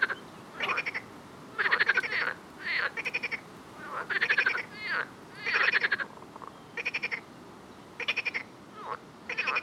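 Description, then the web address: Frogs calling in a chorus, bursts of rapid pulsed croaks, several overlapping callers with short gaps, some brief slurred notes between bursts. "Soundscape Frog 1"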